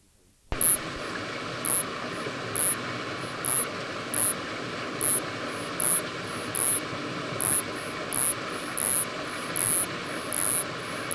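Nesobia mjobergi call: very high chirps repeated roughly every half second, longer and shorter pulses alternating, against a steady background hiss.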